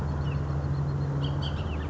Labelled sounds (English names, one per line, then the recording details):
Bullock's Oriole
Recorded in Sonoma County, California